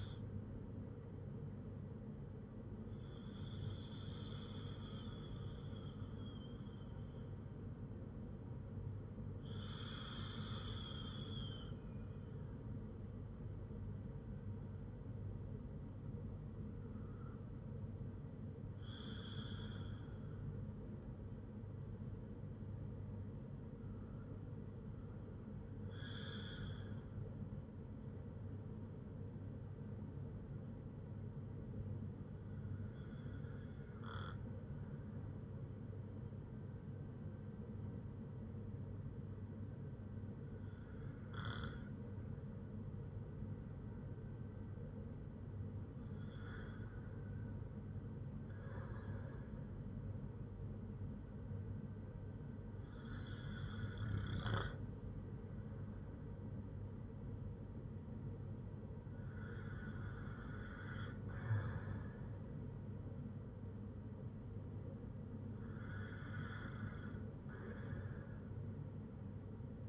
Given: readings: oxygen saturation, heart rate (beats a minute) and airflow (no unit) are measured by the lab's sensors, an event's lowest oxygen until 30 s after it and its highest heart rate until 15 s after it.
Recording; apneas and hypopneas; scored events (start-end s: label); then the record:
breathing in sleep by a smartphone at the bedside; 1
8.00-51.40 s: hypopnea (N1, oxygen 97% highest, then 94% lowest, heart rate 61 at the start, 61 highest)
From the record:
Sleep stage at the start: N1 (lightest sleep); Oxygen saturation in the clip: 95 to 97%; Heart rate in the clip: 53 to 61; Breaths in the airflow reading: 10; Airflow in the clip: -5.5 to 7.4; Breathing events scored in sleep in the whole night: 182 in 7.4 hours asleep